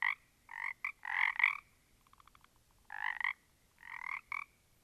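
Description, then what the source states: Frogs croaking in short bursts of harsh pulsed notes separated by pauses, with a quick soft rattle in between. Small group of frogs; holophonic recording.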